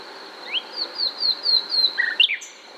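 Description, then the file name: Common nightingale song: a run of several quick, bright slurred notes, then a short flourish, over a steady high hiss. "Luscinia megarhynchos"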